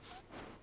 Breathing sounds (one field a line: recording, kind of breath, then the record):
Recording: one breath in and out by a microphone near the nose and mouth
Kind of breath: strong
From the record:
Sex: male